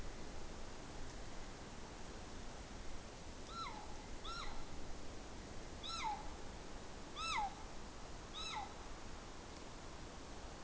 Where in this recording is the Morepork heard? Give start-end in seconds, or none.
3.36-3.89, 4.15-4.57, 5.74-6.29, 7.09-7.68, 8.27-8.87